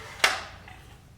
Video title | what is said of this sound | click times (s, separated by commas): Remote Racking a Westinghouse DHP | locks into place and goes back in the case | 0.2 s